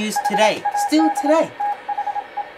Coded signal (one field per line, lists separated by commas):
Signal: Morse code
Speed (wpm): 26 wpm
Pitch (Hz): 820 Hz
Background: speech, radio noise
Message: HAD THE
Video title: The Importance of Shortwave Radio